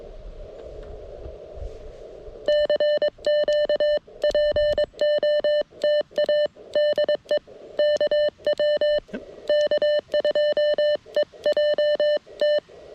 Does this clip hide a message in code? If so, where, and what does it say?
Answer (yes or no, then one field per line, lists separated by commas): yes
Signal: Morse code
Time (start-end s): 2.5-12.6 s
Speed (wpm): 22 wpm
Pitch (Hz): 600 Hz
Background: none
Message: CQ POTA DE KW K2EJT